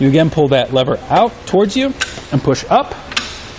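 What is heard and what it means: Someone talks while handling the fold latch of a RockyMounts MonoRail Solo hitch bike rack for 2 bikes on a 2018 Subaru Forester, pulling the lever out and pushing the rack arm up to fold it against the vehicle. A brief sharp sound occurs around 3.2 s, but nothing has seated or clicked yet.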